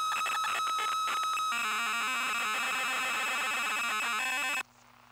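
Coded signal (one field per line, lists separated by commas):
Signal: ZX Spectrum tape loading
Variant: ZX Spectrum +2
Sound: harsh buzzing, screeching data noise that shifts character midway, then abruptly cuts to near silence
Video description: Loading a FLAC recording of Basil the Great Mouse Detective on a real Spectrum +2 (UK), with the wrong polarity. Loader is polarity-dependant and doesn't load.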